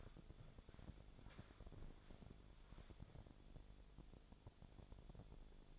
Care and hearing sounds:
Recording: daily activity, microphone in the room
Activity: walk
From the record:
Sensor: 5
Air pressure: 1000.5 hPa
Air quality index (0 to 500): 137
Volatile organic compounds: 2 ppm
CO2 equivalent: 1067 ppm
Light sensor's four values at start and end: 47/109/45/47 and 47/109/45/47

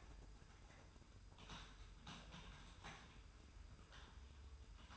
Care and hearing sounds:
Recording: daily activity, microphone in the room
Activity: typing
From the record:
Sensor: 2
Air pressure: 990.8 hPa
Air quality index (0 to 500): 144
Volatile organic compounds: 297 ppm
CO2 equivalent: 4474 ppm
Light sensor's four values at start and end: 27/69/27/28 and 27/69/27/28

